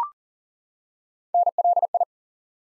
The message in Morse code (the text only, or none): NLI